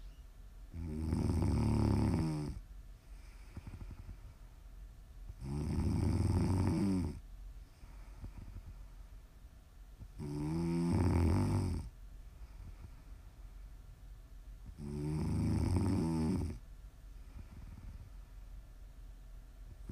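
ASMR snoring from a sleeping adult: deep, low-pitched snores about 1.5 to 2 seconds long, repeating roughly 13 times per minute in a fairly regular rhythm, with quieter breathing between them.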